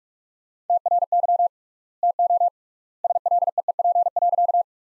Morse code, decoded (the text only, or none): TRY TO SLEEP.